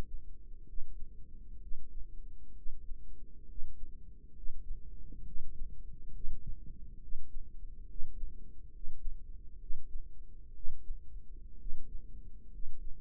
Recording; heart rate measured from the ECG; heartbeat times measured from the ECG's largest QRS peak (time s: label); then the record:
heart sounds by microphone in the right ear; 66 bpm
0.67 s: heartbeat
1.61 s: heartbeat
2.55 s: heartbeat
3.48 s: heartbeat
4.35 s: heartbeat
5.25 s: heartbeat
6.13 s: heartbeat
7.00 s: heartbeat
7.88 s: heartbeat
8.73 s: heartbeat
9.59 s: heartbeat
10.54 s: heartbeat
11.59 s: heartbeat
12.52 s: heartbeat
From the record:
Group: healthy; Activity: rest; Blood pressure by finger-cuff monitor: 143/92 mmHg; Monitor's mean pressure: 106 mmHg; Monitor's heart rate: 64 bpm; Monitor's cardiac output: 7 L/min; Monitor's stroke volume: 108 mL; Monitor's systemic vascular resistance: 1120 dyn s/cm5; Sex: male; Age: 30 years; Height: 188 cm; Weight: 110.2 kg